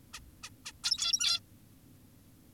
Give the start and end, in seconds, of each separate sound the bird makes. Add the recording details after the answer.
0.14-0.20, 0.44-0.50, 0.66-0.72, 0.84-1.40. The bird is an adult. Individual g17y2U